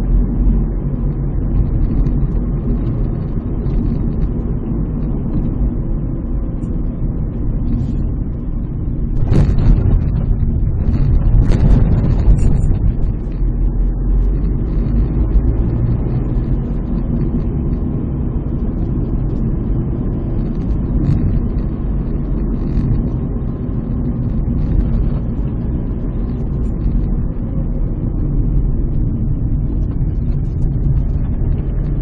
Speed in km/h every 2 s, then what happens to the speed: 50, 52, 51, 45, 31, 30, 31, 44, 57, 48, 50, 49, 46, 46, 38, 25.
4-10 brakes to 30. 12-15 speeds up to 57. 15-21 steady at about 50. 21-32 slows to 25.